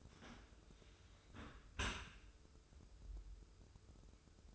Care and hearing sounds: daily activity, microphone in the room; close dishwasher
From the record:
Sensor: 2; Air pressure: 995.6 hPa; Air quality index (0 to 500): 97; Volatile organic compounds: 5 ppm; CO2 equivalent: 1787 ppm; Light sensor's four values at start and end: 25/79/31/30 and 25/79/31/30

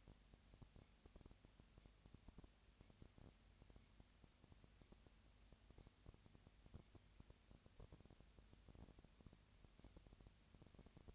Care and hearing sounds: daily activity, microphone in the room; no activity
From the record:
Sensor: 2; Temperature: 20.3 degrees Celsius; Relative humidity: 37.0%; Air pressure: 998.6 hPa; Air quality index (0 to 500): 236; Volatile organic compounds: 38 ppm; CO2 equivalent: 3116 ppm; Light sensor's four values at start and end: 2/3/2/2 and 2/3/2/2

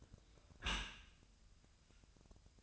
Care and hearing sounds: daily activity, microphone in the room; close dishwasher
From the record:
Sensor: 2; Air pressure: 1004.5 hPa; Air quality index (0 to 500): 113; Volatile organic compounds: 3 ppm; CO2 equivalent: 1372 ppm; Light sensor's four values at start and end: 6/15/6/6 and 6/15/6/6

